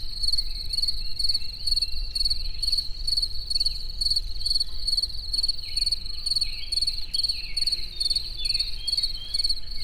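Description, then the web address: Cricket singing, a high pulsed trill in short chirping bursts repeated steadily, over low rumbling background noise. In nature towards evening at the Eger tourist house. "allathangok termeszetben tucsok estefele egerturistahaz"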